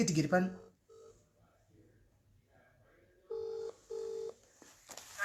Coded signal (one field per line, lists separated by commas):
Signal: telephone call progress tone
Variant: UK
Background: speech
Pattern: ringback tone